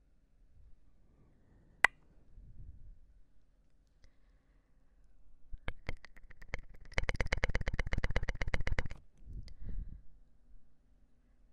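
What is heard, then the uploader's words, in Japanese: Close mouth sounds: a sharp click near two seconds, soft low murmurs, then a rapid burst of wet clicking from about seven to nine seconds. 戳戳你的眼睛 | 口腔音×視覺觸發 | MouthSounds | Visual Triggers | NO Talking。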